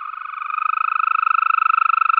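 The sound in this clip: European green toad call: a steady, long musical trill of rapid pulses, unbroken and even in pitch, building slightly in loudness at the start.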